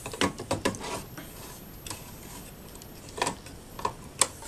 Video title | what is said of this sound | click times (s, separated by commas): Sans Digital MobileRAID MR2UT+B Review | lock into place | 3.8 s, 4.2 s